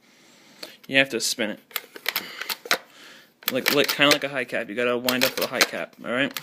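Someone talks while handling the revolving cylinder of a multi-shot launcher, spinning it to wind up its spring, with sharp ratcheting clicks heard between the words. Nothing has seated or clicked home yet; the cylinder is still being wound toward the single click that marks it fully wound.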